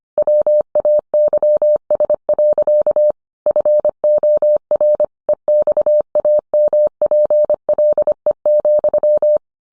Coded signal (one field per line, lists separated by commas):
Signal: Morse code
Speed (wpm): 25 wpm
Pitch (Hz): 600 Hz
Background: none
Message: WAYS. FOR EXAMPLE,